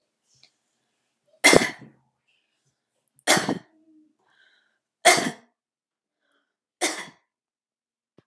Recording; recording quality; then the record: heavy voluntary cough; excellent, no background noise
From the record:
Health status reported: healthy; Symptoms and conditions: none ticked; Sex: female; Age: 36 years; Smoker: not ticked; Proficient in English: yes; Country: United States